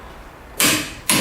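A lug nut on a wheel adapter stud is tightened with a preset torque wrench, and a double click is heard as two sharp, bright bursts at 0.6 s and 1.1 s over a quiet background. The wrench clicks at its setting, confirming the nut is torqued.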